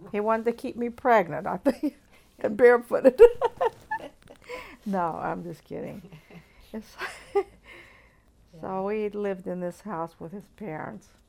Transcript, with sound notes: He wanted to keep me pregnant, I think, and barefooted! [Laughs] No, I'm just kidding. So we lived in this house with his parents.